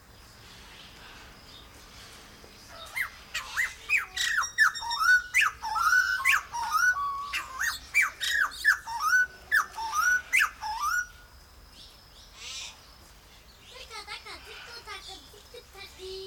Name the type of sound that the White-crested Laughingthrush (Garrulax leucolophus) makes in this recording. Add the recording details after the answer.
call. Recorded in captivity. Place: Zoo Halle, Sachsen-Anhalt, DE. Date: 1996-03-08 16:20. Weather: sonnig, 3°C. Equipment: Sony WM-D6C, Sennheiser ME 80, Kopie Uher 4000 Report Monitor. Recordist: Tembrock, Günter